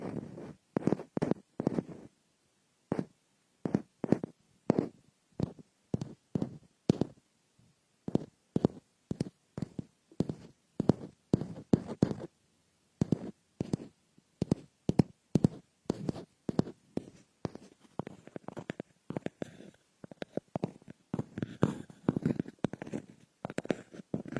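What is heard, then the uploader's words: Frosted bath ball being picked at, a run of short crunchy scratches and taps that come in quick, uneven bursts with brief silent gaps between them. The sounds are crisp, reaching high, and grow denser and softer near the end. Frosted Bath Ball Ear Picking Experience.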